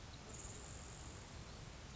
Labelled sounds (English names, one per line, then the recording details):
Grasshopper Sparrow
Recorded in Sonoma County, California